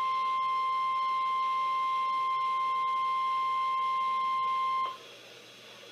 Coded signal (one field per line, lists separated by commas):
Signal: Emergency Alert System (SAME) tones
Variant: 1050 Hz attention tone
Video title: EAS #1465 - Severe Thunderstorm Warning 6-5-2016